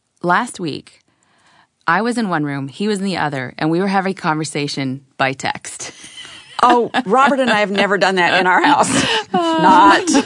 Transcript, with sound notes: last week I was in one room and he was in the other, and we were having a conversation by text. (laughter)
Oh, Robert and I have never done that in our house! Not!